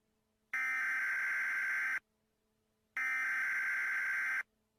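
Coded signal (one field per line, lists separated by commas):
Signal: Emergency Alert System (SAME) tones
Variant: header bursts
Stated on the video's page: Fictional EAS scenario made in CapCut.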